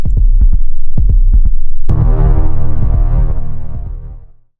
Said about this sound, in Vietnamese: Hải nín thở, nghe tiếng tim mình đập ngày càng lúc càng nhanh.